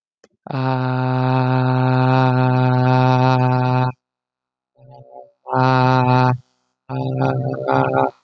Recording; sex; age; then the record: vowel held as long as possible; male; 20 to 29 years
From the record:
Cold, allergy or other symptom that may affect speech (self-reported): no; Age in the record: 23 years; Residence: Minnesota, United States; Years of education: 13